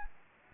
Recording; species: mosquito wingbeat signal from an infrared sensor; Anopheles gambiae